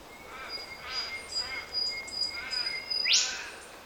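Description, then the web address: Bird call ending in one loud, fast rising sweep, preceded by steady thin whistled tones and other soft notes. Unidentified bird in Australia. "Sound Effects-Foundation 1 BIRD AUSTRALIAN UNKNOWN SEQUENCE"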